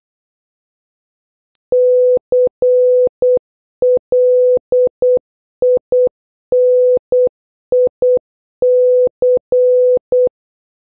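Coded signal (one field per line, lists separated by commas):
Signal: Morse code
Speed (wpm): 8 wpm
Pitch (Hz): 500 Hz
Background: none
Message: CLINIC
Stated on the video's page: Morse code word practice using letters A to N, starting slow and gradually increasing in speed.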